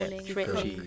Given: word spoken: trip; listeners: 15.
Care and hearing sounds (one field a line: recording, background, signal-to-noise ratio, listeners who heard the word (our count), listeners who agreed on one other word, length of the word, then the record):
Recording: one English word in noise, from a listening test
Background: four-talker babble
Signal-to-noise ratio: -2.7 dB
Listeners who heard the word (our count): 0 of 15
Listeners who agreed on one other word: 6 of 15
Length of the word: 0.47 s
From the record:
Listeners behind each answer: 6, 3, 2, 1, 1, 1, 1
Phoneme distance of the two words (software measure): 17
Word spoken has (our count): 1 syllable, 4 phonemes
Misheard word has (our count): 1 syllable, 3 phonemes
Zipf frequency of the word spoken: 4.75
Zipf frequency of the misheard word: 4.86